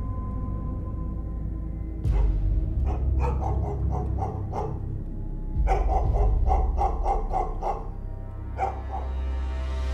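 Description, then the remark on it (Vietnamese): A pet dog somewhere outside barks fitfully in two quick bursts of sharp, repeated yaps, pausing between volleys and adding one last bark, over a steady low rumble. “khi nghe thấy tiếng con chó bà nuôi. Nó đang trõ ra đâu đó sủa nhát gừng.”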